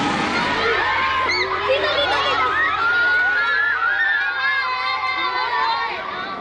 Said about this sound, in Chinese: 总统府外高高悬挂着中非两国国旗，道路两旁千名当地少年儿童挥舞着两国国旗向习近平热情欢呼，一张张天真烂漫的笑脸洋溢着对中非关系美好未来的期盼。